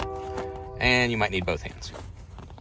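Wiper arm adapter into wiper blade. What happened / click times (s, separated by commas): The part is being handled and has not yet snapped into place / none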